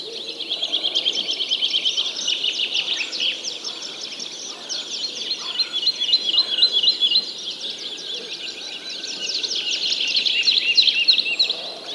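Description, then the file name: Dense birdsong chorus of rapid high chirping and trilling, rising and falling in loudness throughout. Many birds singing together. "Digiffects Sound Effects Library - Many Birds Singing"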